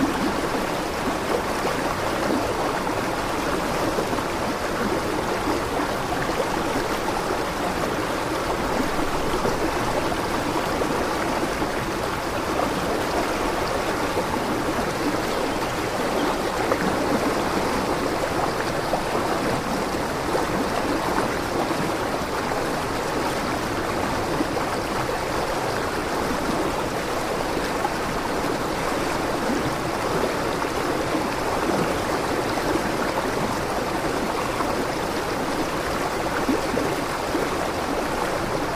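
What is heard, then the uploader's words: A forest stream flows steadily, its water rushing and splashing in a dense, unbroken wash. The sound stays even for the whole stretch, with a fuller low churn beneath brighter trickling and no other sounds standing out. Flowing Forest Stream. The sound of this gentle flowing stream, deep in the forest.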